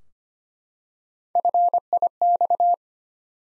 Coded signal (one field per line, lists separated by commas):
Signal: Morse code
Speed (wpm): 25 wpm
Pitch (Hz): 700 Hz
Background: none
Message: FIX